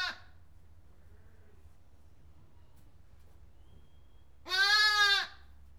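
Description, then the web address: Sheep: lamb bleating: the tail of a bleat at the start, a long quiet pause with faint low hum, then one full, nasal bleat near the end. One lamb bleating inside a barn. "BBC Sound Effects Library Livestock One Lamb Bleating In Barn"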